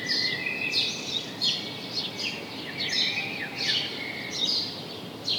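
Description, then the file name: House sparrow chirps, brisk repeated notes in an uneven rhythm over constant hiss. "Passer domesticus"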